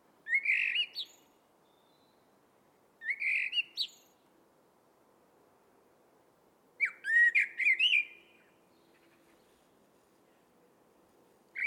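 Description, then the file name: Eurasian blackbird song: rich warbled phrases with scratchy overtones, three phrases and the start of a fourth, spaced by pauses of a few seconds in a quiet setting. "Turdus merula"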